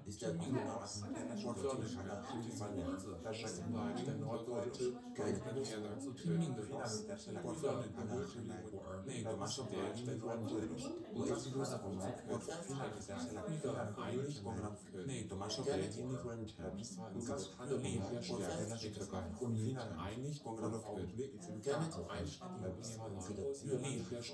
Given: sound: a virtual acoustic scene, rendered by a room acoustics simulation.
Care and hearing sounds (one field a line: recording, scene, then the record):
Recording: noise of the scene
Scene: living room, symmetric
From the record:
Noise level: 70 dB SPL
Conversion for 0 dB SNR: 6.9 dB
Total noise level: 76.9 dB SPL